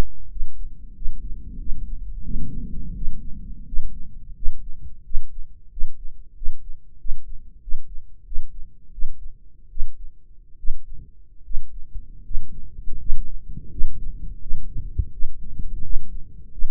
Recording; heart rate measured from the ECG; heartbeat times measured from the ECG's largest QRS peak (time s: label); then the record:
heart sounds by microphone in the right ear; 85 bpm
0.29 s: heartbeat
0.94 s: heartbeat
1.57 s: heartbeat
2.22 s: heartbeat
2.94 s: heartbeat
3.65 s: heartbeat
4.34 s: heartbeat
5.03 s: heartbeat
5.70 s: heartbeat
6.34 s: heartbeat
6.98 s: heartbeat
7.60 s: heartbeat
8.24 s: heartbeat
8.91 s: heartbeat
9.69 s: heartbeat
10.57 s: heartbeat
11.43 s: heartbeat
12.23 s: heartbeat
12.98 s: heartbeat
13.69 s: heartbeat
14.40 s: heartbeat
15.11 s: heartbeat
15.82 s: heartbeat
16.50 s: heartbeat
From the record:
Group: healthy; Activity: rest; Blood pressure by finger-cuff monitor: 160/115 mmHg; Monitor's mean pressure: 124 mmHg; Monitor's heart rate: 87 bpm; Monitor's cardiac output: 6.9 L/min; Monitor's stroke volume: 79 mL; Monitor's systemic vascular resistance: 1360 dyn s/cm5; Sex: male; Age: 23 years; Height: 179 cm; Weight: 87 kg